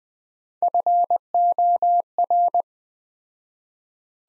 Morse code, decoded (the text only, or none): FOR